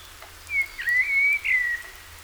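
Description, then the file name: Common blackbird mellow whistled phrase, notes gliding up and down for over a second before settling lower. "Turdus merula"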